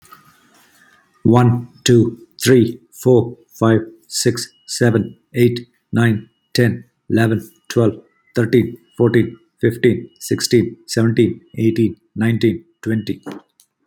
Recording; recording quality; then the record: counting at a normal pace; excellent, no background noise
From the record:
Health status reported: healthy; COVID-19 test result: not tested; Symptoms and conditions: hypertension, diabetes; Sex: male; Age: 62 years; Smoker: not ticked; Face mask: not worn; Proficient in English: yes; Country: India